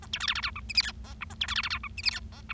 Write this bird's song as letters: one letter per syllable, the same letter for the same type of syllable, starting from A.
A B C D D E F G H I J K A B C D D E F G H I J K